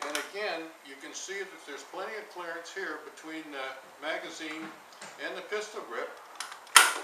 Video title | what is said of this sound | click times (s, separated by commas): G5 SKS magazine adapter, proto type1.AVI Get it at www.thesksmagadapter.com | and it just locks into place and um you | 6.8 s